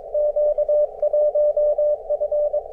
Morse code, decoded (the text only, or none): Q1F